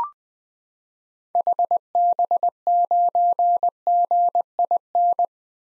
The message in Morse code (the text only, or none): HB9GIN